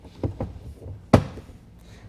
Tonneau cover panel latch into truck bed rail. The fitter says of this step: just heard it click it's because just latched into the rails